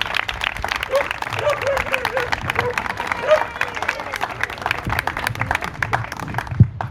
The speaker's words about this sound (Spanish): y sin más, vamos a empezar con un aplauso como para calentar un poco la cosa.